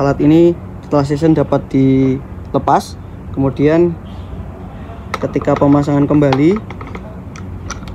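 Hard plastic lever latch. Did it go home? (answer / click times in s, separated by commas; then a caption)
yes / 7.7 s. A Ruide RQS total station is set back onto its tribrach base and the locking lever is turned shut while someone talks. A sharp click at 7.7 s marks the lever closing, with a few smaller clicks around it. The total station is locked in place.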